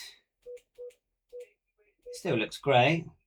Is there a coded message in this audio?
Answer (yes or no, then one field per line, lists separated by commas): no